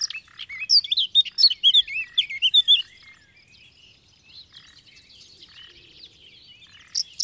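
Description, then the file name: Eurasian blackcap warbling in a quick, twisting phrase of chirpy notes lasting about three seconds, followed by near silence and a short final chirp. "Sylvia atricapilla"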